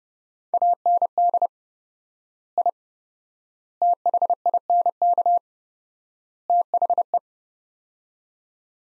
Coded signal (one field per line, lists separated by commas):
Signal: Morse code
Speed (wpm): 30 wpm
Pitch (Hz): 700 Hz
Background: none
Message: AND I THINK THE